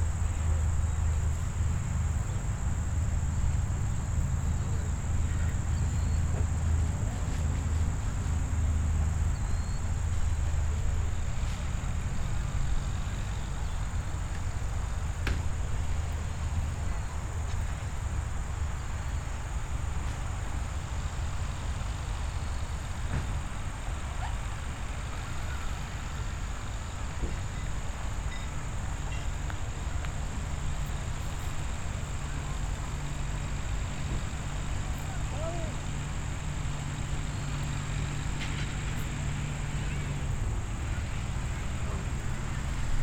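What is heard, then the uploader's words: Outdoor ambience at Land's Sake Farm in Weston, MA: a steady low rumble with a droning hum that shifts pitch slightly midway, under a constant thin high insect-like whine. Faint scattered ticks and soft clicks surface occasionally; the overall level stays even throughout. Sounds of Land's Sake Farm in Weston, MA. On a busy Saturday.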